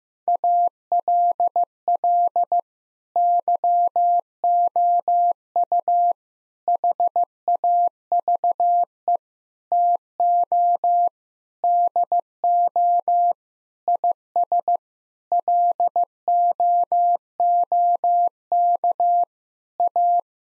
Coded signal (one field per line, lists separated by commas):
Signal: Morse code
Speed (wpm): 15 wpm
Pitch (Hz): 700 Hz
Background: none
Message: ALL YOU HAVE TO DO IS LOOK A